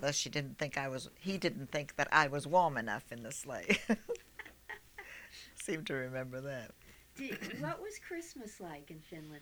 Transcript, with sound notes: She didn't think I was, he didn't think that I was warm enough in the sleigh. ( she laughs ) I seem to remember that.
What was Christmas like in Finland?